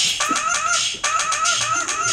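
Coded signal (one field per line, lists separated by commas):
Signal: none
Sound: music app sound effects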